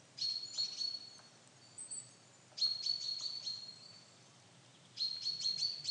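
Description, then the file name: Common chaffinch calling: short bursts of four or five sharp notes laid over a thin, steady high whistle, repeating roughly every two and a half seconds, with quiet background hiss. "Fringilla coelebs"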